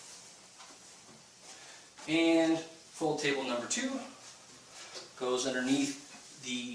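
Fold table number two, the lower one, is being handled and inserted underneath into a Martin Yale Mark VII paper folding machine while someone talks. Nothing has seated or clicked yet; the table has not snapped into place by the end of the clip.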